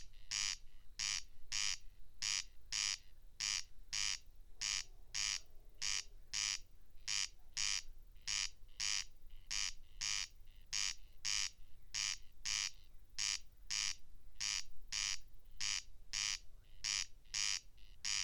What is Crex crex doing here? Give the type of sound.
song